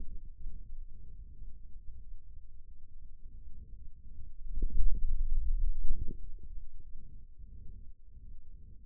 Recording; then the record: forearm muscle sounds (acoustic myography)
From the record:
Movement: hand closing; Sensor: system 2, bracelet of six BSWA MPA416 microphones around the upper forearm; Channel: 1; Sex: male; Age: 22 years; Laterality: right